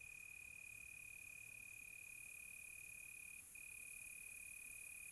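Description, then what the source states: Steady high cricket trill with one brief pause midway, backed by a soft wash of higher-pitched insect sound. Crickets on a quiet tropical night, recorded close.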